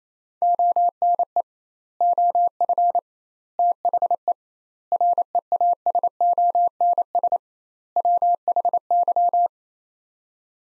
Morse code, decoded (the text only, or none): ONE OF THE REASONS WHY